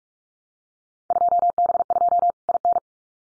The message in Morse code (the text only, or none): 2B2 IN